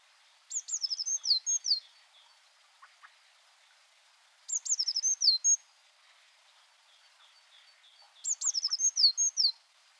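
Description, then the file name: Eurasian blue tit calls: three bursts of thin, very high notes, each a quick falling series about a second long, repeated roughly every four seconds, with faint background noise. "Cyanistes caeruleus"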